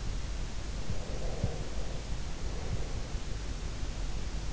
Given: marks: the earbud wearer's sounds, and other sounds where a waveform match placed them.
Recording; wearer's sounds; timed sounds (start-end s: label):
sounds in sleep by an in-ear microphone; breath
1.02-3.33 s: breath